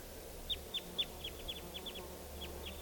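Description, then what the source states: Red Crossbill flight calls, a quick string of many sharp, downslurred notes, fading toward the end over low steady hiss. Type 2; wild; a couple of crossbills still nearby; at least six or seven type 2 crossbills around in total.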